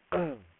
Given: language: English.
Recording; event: throat vibration sensor signal played as sound; throat clearing